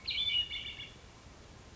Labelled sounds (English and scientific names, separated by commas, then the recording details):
Hermit Thrush (Catharus guttatus)
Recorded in Sonoma County, California